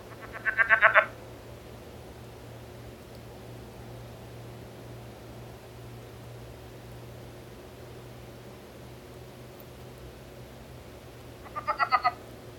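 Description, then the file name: Southern leopard frog calling in short rattling bursts of rapid clucks, one at the start and another near the end, over a steady low hum. "Rana sphenocephala"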